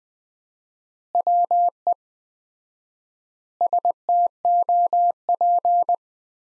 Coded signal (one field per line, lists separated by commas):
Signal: Morse code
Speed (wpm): 20 wpm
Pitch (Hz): 700 Hz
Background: none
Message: WE STOP